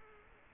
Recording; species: mosquito wingbeat signal from an infrared sensor; Culex quinquefasciatus